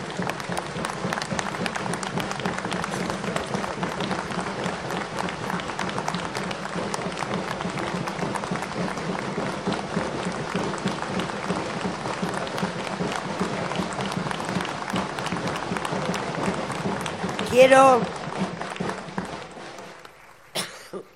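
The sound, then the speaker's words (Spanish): A large audience claps steadily and densely for a woman for about twenty seconds, with a brief cheer or whistle rising near the end before the applause fades out. “Por eso yo quiero hoy Un aplauso gigante”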